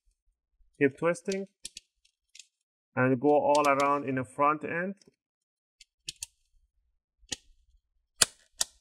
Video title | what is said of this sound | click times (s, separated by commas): HP Laptop 15 EF series laptop 📌 BATTERY Replacement | all right once you hear those big clicks you want to keep doing that all around go to the sides | 8.2 s, 8.6 s